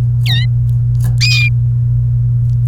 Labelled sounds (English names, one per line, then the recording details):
Domestic Canary song
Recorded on 29 April 2018 at 12:16
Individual llb3